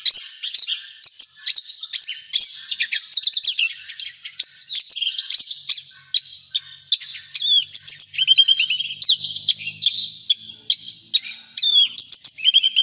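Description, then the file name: Javan bush lark song, steady stream of sharp chirps, clicks and short whistled notes, lively and varied, running without real pause through the whole stretch. "suara burung branjangan jawa"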